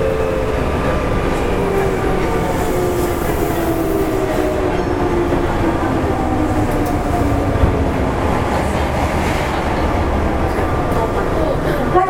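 A train runs steadily, its low rumble and rattle filling the whole clip at an even level. Motor whine tones glide slowly downward over the first half, with a steady high hum above, and faint clicks and squeaks scattered through.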